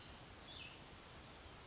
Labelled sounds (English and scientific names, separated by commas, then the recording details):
Cassin's Vireo (Vireo cassinii)
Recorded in Sonoma County, California